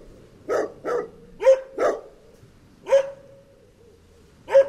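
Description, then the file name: Dog giving six sharp, forceful barks over a few seconds, spaced unevenly, against a quiet background. Dog attack. "kopek saldirisi"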